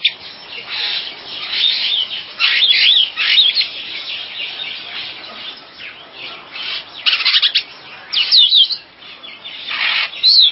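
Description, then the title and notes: Bird chirping in overlapping twittering and short chattering phrases, with louder bursts returning every second or two. "Bird Sound. Kicau Burung Lengkap"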